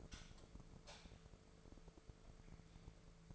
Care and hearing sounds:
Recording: daily activity, microphone in the room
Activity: light off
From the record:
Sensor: 5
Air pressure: 1014.9 hPa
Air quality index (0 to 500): 174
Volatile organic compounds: 6 ppm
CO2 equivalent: 1920 ppm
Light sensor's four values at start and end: 55/134/54/56 and 54/128/52/54

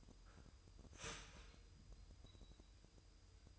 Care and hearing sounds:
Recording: daily activity, microphone in the room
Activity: start toaster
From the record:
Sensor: 2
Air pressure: 988.5 hPa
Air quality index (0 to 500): 192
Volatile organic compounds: 189 ppm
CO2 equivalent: 4175 ppm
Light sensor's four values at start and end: 20/68/26/25 and 20/68/26/25

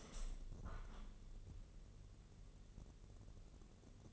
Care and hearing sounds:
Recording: daily activity, microphone in the room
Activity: open window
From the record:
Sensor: 4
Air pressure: 1013.1 hPa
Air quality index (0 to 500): 172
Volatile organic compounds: 2 ppm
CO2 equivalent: 1081 ppm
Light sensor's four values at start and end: 36/90/36/36 and 38/93/38/38

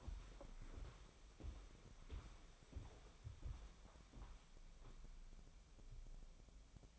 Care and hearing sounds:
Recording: daily activity, microphone in the room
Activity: walk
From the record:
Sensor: 1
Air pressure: 1015.4 hPa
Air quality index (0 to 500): 126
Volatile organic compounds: 5 ppm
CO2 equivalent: 1721 ppm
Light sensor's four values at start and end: 8/21/8/9 and 10/25/10/11

